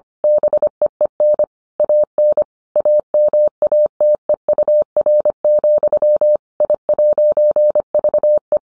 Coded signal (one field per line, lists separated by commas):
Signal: Morse code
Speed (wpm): 25 wpm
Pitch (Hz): 600 Hz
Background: none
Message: BEEN AN AMATEUR, I'VE